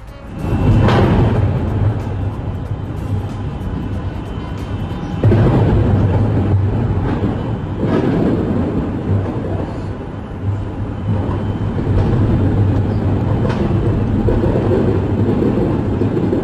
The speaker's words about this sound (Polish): Tutaj jeden z komentatorów na Twitterze napisał, wrzucając film i panoramę Mińska, że to nie sztuczne ognie, ale wybuchy granatów hukowych.